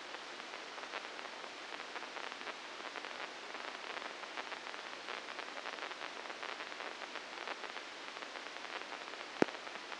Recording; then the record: brain microelectrode recording played as sound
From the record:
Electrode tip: inside the subthalamic nucleus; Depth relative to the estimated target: -4 mm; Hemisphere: right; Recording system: NeuroSet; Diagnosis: Parkinson's disease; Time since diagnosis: 9 years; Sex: female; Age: 51 years